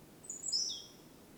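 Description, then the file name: Great tit call: one short burst of very high, thin notes stepping downward, over quiet background hiss. "Parus major"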